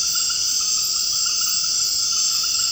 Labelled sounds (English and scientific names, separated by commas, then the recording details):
none
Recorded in secondary vegetation near Puerto Asís, Putumayo, Colombia, on 21 March 2025 at 19:30
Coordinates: 0.502, -76.326
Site G100